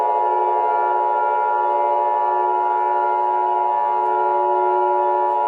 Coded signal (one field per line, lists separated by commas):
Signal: Emergency Alert System (SAME) tones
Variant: 853 and 960 Hz attention tone